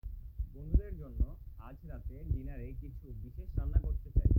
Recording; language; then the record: elicited speech; Bengali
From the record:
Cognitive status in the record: cognitively healthy